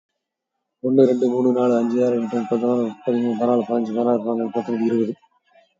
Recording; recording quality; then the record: counting at a fast pace; excellent, no background noise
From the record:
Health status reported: COVID-19 positive, no symptoms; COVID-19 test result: positive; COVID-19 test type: RT-PCR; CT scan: taken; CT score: 2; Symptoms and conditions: fatigue, hypertension, diabetes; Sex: male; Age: 48 years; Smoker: no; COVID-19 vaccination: one dose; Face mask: worn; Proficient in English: yes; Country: India